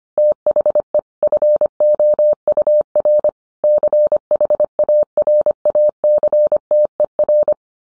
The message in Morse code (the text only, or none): THE FOUR CHARACTER